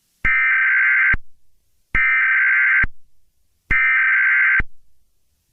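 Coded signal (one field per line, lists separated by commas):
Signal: Emergency Alert System (SAME) tones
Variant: header bursts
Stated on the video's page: Fictional EAS scenario about a serial killer.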